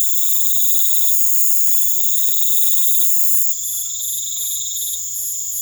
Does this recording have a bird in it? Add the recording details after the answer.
no. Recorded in pastures near Puerto Asís, Putumayo, Colombia, on 21 December 2024 at 19:30. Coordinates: 0.487, -76.322. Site GP09